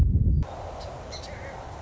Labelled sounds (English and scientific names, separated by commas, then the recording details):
Song Sparrow (Melospiza melodia)
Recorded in Sonoma County, California